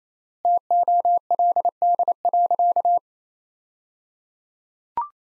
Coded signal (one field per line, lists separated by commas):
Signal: Morse code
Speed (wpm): 28 wpm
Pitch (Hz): 700 Hz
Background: none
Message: TOLD.